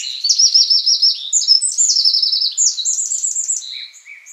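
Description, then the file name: Eurasian wren song: fast, piercing high trills and chattering notes poured out continuously, ending with a few softer separate chirps. "Troglodytes troglodytes"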